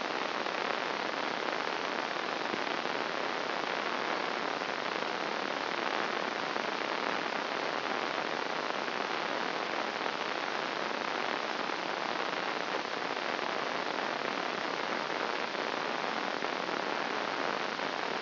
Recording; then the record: brain microelectrode recording played as sound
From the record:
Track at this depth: inside the subthalamic nucleus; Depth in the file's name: 1.141 mm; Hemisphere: left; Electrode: 2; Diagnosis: Parkinson's disease